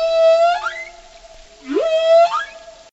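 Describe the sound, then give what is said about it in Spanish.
Whale song: two long, tonal moaning calls with rich harmonics, each holding a steady pitch before sweeping sharply up, the second starting with a low rising swoop. Clear and alone, no voices. “Según estudios recientes, 99 de cada 100 ballenas sintonizan Ego 99 durante su ritual de apareamiento.”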